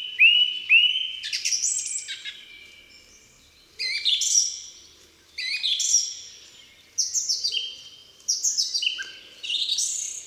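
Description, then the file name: Song thrush singing loud, varied phrases of bright whistles and chattering notes, each phrase given in a burst with short pauses between. "Spiewak"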